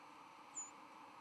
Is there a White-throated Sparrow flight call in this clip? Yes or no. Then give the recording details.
no. Another species' flight call is heard. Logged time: 08:18 on 5 November 2014